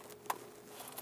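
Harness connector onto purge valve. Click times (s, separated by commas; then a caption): 0.3 s. A plastic electrical harness connector is pushed onto the purge valve of a 2003-2026 Chevrolet Express 2500 with the 4.8L V8 during intake manifold gasket replacement. It snaps in with one sharp click at 0.3 s, surrounded by faint handling sounds near 0.1 s and 1.0 s. The connector is seated.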